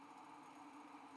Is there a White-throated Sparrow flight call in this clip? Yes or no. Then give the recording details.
no. No flight call is heard. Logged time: 04:30 on 5 December 2014